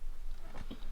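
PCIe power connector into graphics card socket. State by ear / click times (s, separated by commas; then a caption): not seated / none. A plastic PCIe power cable connector is handled at a graphics card's power socket, with soft rustling and two brief sounds near 0.7 s and 0.95 s. Nothing has seated or clicked yet; the clip ends before the connector goes home.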